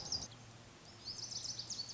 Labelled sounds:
Lazuli Bunting
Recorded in Sonoma County, California

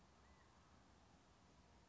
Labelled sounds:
California Quail
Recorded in Sonoma County, California

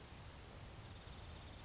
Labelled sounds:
Grasshopper Sparrow
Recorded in Sonoma County, California

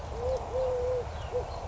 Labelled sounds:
Eurasian Collared Dove
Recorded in Sonoma County, California

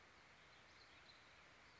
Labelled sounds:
Warbling Vireo
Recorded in Sonoma County, California

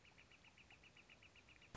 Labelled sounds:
Northern Flicker
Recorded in Sonoma County, California

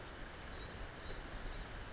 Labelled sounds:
Blue-gray Gnatcatcher
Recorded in Sonoma County, California

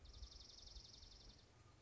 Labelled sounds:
Dark-eyed Junco
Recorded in Sonoma County, California

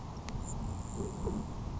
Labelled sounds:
Grasshopper Sparrow
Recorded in Sonoma County, California

